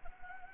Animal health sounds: mosquito wingbeat signal from an infrared sensor; Anopheles arabiensis

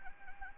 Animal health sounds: mosquito wingbeat signal from an infrared sensor; Anopheles arabiensis

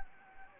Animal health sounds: mosquito wingbeat signal from an infrared sensor; Anopheles gambiae

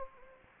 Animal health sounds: mosquito wingbeat signal from an infrared sensor; Anopheles gambiae

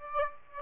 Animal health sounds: mosquito wingbeat signal from an infrared sensor; Aedes aegypti

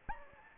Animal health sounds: mosquito wingbeat signal from an infrared sensor; Anopheles gambiae

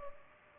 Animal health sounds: mosquito wingbeat signal from an infrared sensor; Culex pipiens

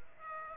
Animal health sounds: mosquito wingbeat signal from an infrared sensor; Aedes aegypti

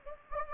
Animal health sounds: mosquito wingbeat signal from an infrared sensor; Anopheles gambiae

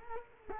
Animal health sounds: mosquito wingbeat signal from an infrared sensor; Culex quinquefasciatus

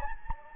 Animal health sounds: mosquito wingbeat signal from an infrared sensor; Anopheles gambiae

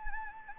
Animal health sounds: mosquito wingbeat signal from an infrared sensor; Anopheles gambiae

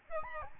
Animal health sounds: mosquito wingbeat signal from an infrared sensor; Aedes albopictus

